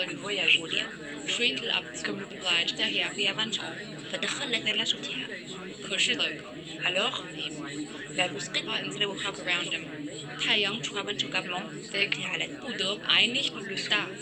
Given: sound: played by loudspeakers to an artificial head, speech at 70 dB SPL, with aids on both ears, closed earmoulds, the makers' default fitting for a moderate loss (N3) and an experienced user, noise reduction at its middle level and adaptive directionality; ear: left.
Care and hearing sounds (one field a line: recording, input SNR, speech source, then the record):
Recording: speech test signal (ISTS) in cocktail-party noise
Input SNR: -3 dB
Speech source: in front (0 degrees)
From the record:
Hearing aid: class 1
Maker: C